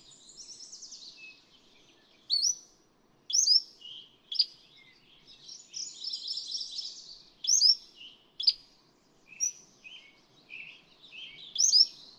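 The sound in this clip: Cordilleran flycatcher singing sharp, high notes in an uneven series, with a longer, more complex phrase and quieter chirping between.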